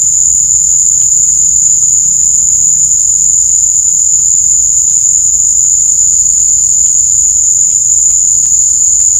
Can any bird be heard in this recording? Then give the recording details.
no. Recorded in secondary vegetation near Puerto Asís, Putumayo, Colombia, on 16 December 2024 at 18:00. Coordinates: 0.499, -76.323. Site G010